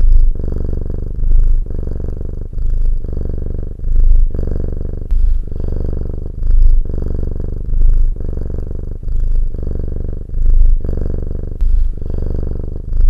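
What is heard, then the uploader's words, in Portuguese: A cat purrs, a low, steady rumble that swells and eases in a regular rhythm, roughly one breath every second or so. The sound sits almost entirely in the low range, with only faint soft hiss above and no other noises. Som de Ronronar de Gato. Ouça aquele barulhinho fofo e calmante que os gatos fazem: o ronronar.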